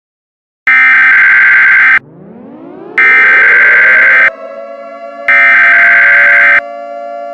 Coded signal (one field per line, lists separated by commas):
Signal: Emergency Alert System (SAME) tones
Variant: header bursts